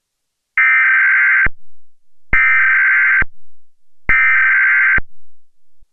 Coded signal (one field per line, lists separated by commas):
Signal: Emergency Alert System (SAME) tones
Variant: header bursts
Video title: WDWB20 emergency alert system test (fake)